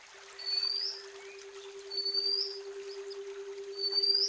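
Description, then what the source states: Oriental magpie-robin calling: three long, thin, high whistles spaced well apart, with gentle background hiss and a low continuous hum. Female; combination recording used as masteran training material.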